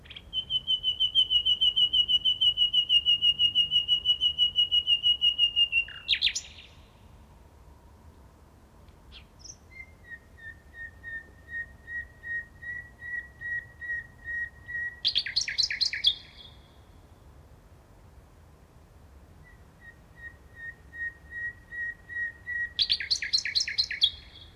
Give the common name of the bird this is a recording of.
Common Nightingale